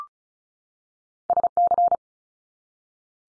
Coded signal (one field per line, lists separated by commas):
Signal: Morse code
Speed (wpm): 36 wpm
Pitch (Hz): 700 Hz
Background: none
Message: SC